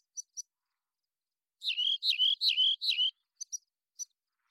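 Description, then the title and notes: Rock Wren singing: a few sharp, high chips, then a phrase of four slurred, downward-sliding whistles, then more scattered chips. Long song sequence recorded in the Pacific Northwest, Washington, United States; isolated from a double mid-side recording, with natural pace and rhythm kept. "Rock Wren, Salpinctes obsoletus, long song sequence, isolated from Double mid-side original, natural pace and rhythm maintained Recorded in the beautiful Pacific Northwest, Washington, United States"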